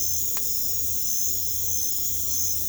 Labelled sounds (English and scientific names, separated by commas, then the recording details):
none
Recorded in pastures near Puerto Asís, Putumayo, Colombia, on 22 December 2024 at 21:30
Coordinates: 0.487, -76.322
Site GP09